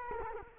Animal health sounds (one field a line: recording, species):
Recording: mosquito wingbeat signal from an infrared sensor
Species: Culex quinquefasciatus